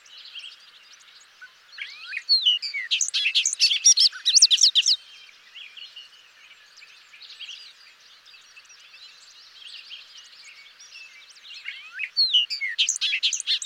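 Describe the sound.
Bobolink song in two bursts of rapid bubbling, metallic notes jumping up and down, a loud tumbling run near the start and another at the end, with softer warbling between.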